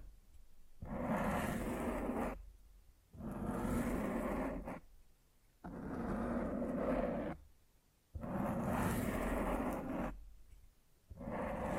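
Mic scratching in repeated bursts, each lasting about one to two seconds, with short silent gaps between them. The scraping is dense and rough, filling everything from deep rumble to bright hiss. Around five strokes come at a fairly even pace.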